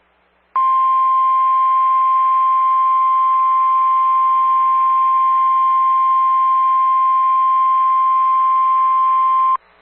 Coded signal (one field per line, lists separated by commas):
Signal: Emergency Alert System (SAME) tones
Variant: 1050 Hz attention tone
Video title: FROM LEFT TO RIGHT... EAS Alerts from 4/21/21 (EAS #188-#213)